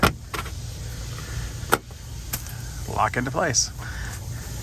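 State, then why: Seated. The end cap of a Valterra RV sewer hose storage tube is fitted on and twisted shut, locking into place with a sharp click at 1.7 s. Someone talks afterward.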